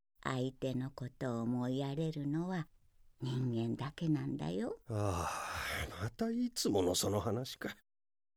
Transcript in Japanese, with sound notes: 相手のことを思いやれるのは、人間だけなんだよ。 （ため息）
またいつものその話か―。